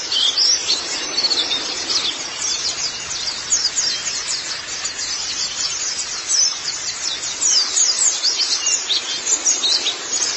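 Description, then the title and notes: White-eye chattering in a continuous flow of very high, quick chirps and short trills, with small bursts of louder notes. "Kicauan Burung Pleci Durasi Panjang. Suara kicauan burung pleci"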